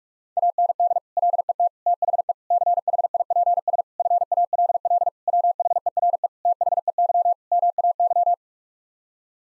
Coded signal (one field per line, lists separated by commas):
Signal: Morse code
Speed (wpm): 41 wpm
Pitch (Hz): 700 Hz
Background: none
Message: AND LET THE CHIPS FALL WHERE THEY MAY